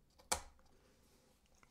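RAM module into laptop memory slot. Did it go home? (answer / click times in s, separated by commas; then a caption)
yes / 0.3 s. A DDR4 SO-DIMM memory module, lined up by its notch with the key in the memory slot of a Lenovo ThinkPad P17 Gen 2 laptop, is pressed down gently until it snaps into place. A sharp, bright snap sounds at 0.3 s and fades over about a tenth of a second, followed by a faint tick at 1.6 s. The module is seated.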